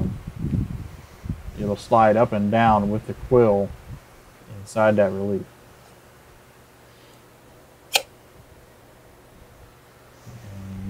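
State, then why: Seated. During reassembly of a Bridgeport mill head, a small steel part that slides up and down with the quill is dropped into the cast-iron quill housing and pressed into its relief. Someone talks for the first several seconds, then a sharp click at 7.9 s as the part snaps into place, seated. Quiet low hum follows.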